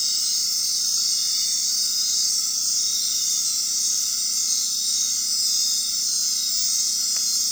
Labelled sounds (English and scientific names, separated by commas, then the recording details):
none
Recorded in dense forest near Puerto Asís, Putumayo, Colombia, on 18 February 2024 at 19:30
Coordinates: 0.466, -76.327
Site G6413